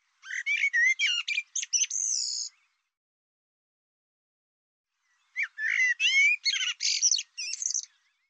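Bird chattering in two bouts of fast, scratchy and whistled notes, each two to three seconds long, with a quiet gap between.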